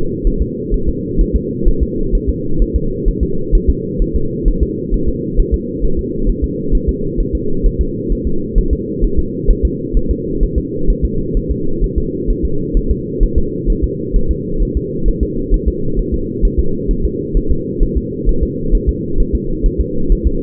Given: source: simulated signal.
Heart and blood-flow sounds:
fetal heart sounds
0.27 s: S1
0.42 s: S2
0.74 s: S1
0.89 s: S2
1.21 s: S1
1.36 s: S2
1.68 s: S1
1.83 s: S2
2.15 s: S1
2.30 s: S2
2.62 s: S1
2.76 s: S2
3.08 s: S1
3.23 s: S2
3.55 s: S1
3.70 s: S2
4.02 s: S1
4.16 s: S2
4.48 s: S1
4.63 s: S2
4.94 s: S1
5.09 s: S2
5.39 s: S1
5.54 s: S2
5.85 s: S1
5.99 s: S2
6.30 s: S1
6.44 s: S2
6.75 s: S1
6.89 s: S2
7.20 s: S1
7.35 s: S2
7.66 s: S1
7.81 s: S2
8.12 s: S1
8.27 s: S2
8.58 s: S1
8.73 s: S2
9.04 s: S1
9.19 s: S2
9.50 s: S1
9.65 s: S2
9.97 s: S1
10.11 s: S2
10.43 s: S1
10.58 s: S2
10.90 s: S1
11.05 s: S2
11.37 s: S1
11.52 s: S2
11.84 s: S1
11.98 s: S2
12.30 s: S1
12.45 s: S2
12.77 s: S1
12.91 s: S2
13.23 s: S1
13.38 s: S2
13.70 s: S1
13.84 s: S2
14.16 s: S1
14.31 s: S2
14.62 s: S1
14.77 s: S2
15.08 s: S1
15.23 s: S2
15.54 s: S1
15.68 s: S2
15.99 s: S1
16.14 s: S2
16.45 s: S1
16.59 s: S2
16.91 s: S1
17.05 s: S2
17.37 s: S1
17.51 s: S2
17.83 s: S1
17.97 s: S2
18.29 s: S1
18.43 s: S2
18.75 s: S1
18.89 s: S2
19.20 s: S1
19.35 s: S2
19.66 s: S1
19.81 s: S2
20.12 s: S1
20.27 s: S2
From the record:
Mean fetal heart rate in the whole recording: 130 bpm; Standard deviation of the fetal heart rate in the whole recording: 2 bpm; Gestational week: 38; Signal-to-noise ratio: -8.1 dB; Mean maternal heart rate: 72 bpm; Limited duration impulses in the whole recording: absent

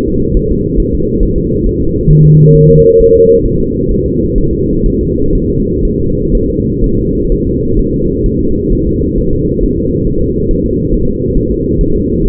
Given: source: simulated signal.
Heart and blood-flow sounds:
fetal heart sounds
0.08 s: S2
0.37 s: S1
0.52 s: S2
0.80 s: S1
0.95 s: S2
1.23 s: S1
1.38 s: S2
1.66 s: S1
1.81 s: S2
2.11 s: S1
2.25 s: S2
2.55 s: S1
2.70 s: S2
3.00 s: S1
3.15 s: S2
3.46 s: S1
3.60 s: S2
3.91 s: S1
4.06 s: S2
4.38 s: S1
4.53 s: S2
4.86 s: S1
5.01 s: S2
5.35 s: S1
5.50 s: S2
5.85 s: S1
6.00 s: S2
6.35 s: S1
6.50 s: S2
6.84 s: S1
6.99 s: S2
7.32 s: S1
7.47 s: S2
7.79 s: S1
7.94 s: S2
8.26 s: S1
8.41 s: S2
8.73 s: S1
8.87 s: S2
9.18 s: S1
9.33 s: S2
9.63 s: S1
9.78 s: S2
10.07 s: S1
10.22 s: S2
10.51 s: S1
10.66 s: S2
10.94 s: S1
11.09 s: S2
11.38 s: S1
11.52 s: S2
11.81 s: S1
11.96 s: S2
12.25 s: S1
From the record:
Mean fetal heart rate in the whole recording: 130 bpm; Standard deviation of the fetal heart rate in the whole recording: 4 bpm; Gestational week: 38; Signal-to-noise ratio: -15.3 dB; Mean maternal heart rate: 72 bpm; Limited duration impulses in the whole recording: present

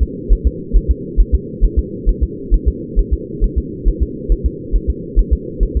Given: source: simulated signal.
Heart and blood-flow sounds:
fetal heart sounds
0.03 s: S2
0.33 s: S1
0.47 s: S2
0.76 s: S1
0.91 s: S2
1.20 s: S1
1.34 s: S2
1.64 s: S1
1.79 s: S2
2.09 s: S1
2.23 s: S2
2.54 s: S1
2.68 s: S2
2.99 s: S1
3.13 s: S2
3.44 s: S1
3.58 s: S2
3.88 s: S1
4.02 s: S2
4.32 s: S1
4.46 s: S2
4.75 s: S1
4.90 s: S2
5.19 s: S1
5.33 s: S2
5.63 s: S1
5.77 s: S2
From the record:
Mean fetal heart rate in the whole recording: 135 bpm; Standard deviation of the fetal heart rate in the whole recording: 3 bpm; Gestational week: 36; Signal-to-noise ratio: -4.1 dB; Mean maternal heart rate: no maternal heart sound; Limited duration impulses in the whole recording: absent

